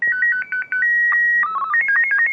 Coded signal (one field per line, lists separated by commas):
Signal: SSTV (slow-scan television)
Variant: Martin 2